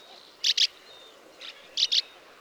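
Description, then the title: Sand martin calls: dry, raspy chirps given in quick pairs, two pairs a little over a second apart with a fainter note between. Calls given during migration. "Sand Martin Riparia riparia"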